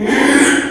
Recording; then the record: squeal of a Yucatan mini pig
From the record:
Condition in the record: after surgery on the right vocal fold (resection and tissue-engineered implant); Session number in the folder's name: 4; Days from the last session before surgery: 42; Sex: male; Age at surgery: 12 weeks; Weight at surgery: 13 kg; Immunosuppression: cyclosporine, prednisolone